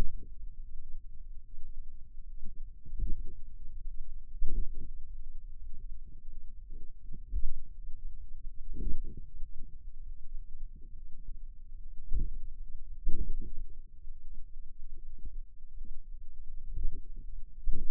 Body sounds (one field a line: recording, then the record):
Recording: forearm muscle sounds (acoustic myography)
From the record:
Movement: finger pinch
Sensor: system 2, bracelet of six BSWA MPA416 microphones around the upper forearm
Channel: 5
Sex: female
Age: 23 years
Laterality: right